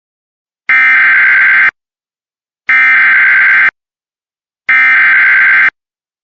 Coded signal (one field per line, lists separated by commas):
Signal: Emergency Alert System (SAME) tones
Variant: header bursts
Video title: SVR (EAS 110)